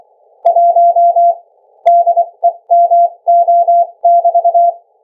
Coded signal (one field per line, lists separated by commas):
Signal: Morse code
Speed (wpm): 24 wpm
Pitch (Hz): 690 Hz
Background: none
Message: 1 DEMO<BT>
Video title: Sonify 1 demo - sending data via ultrasound morse code